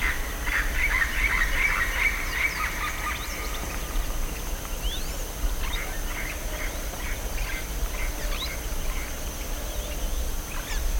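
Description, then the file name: Bird calls, busy twittering in the first few seconds, followed by scattered short chirps and occasional rising notes over low background noise. "SABIOD 50 bird 2015"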